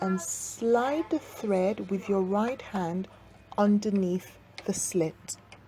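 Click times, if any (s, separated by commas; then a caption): none. On a Brother LS14 sewing machine, the bobbin is held down in its drop-in bobbin case while the bobbin thread is slid by the right hand underneath the slit of the case's tension spring. Someone talks throughout, with quiet handling sounds in between. The thread has not yet clicked into the slit; nothing has seated by the end of the clip.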